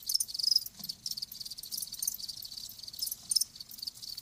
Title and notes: Live Crickets Chirping. Enjoy the lulling song of crickets. RainManCJ